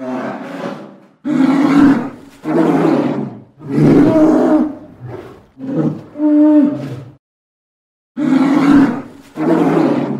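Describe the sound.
Polar bear giving deep, rough roaring growls, several long bursts with short breaths between and one silent gap near the end.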